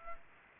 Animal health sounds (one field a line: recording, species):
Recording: mosquito wingbeat signal from an infrared sensor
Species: Aedes aegypti